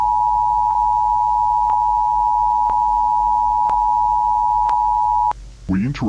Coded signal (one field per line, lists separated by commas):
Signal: Emergency Alert System (SAME) tones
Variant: 853 and 960 Hz attention tone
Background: speech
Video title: |EAS Scenario Godzilla Attack| Godzilla EAS Scenario video one.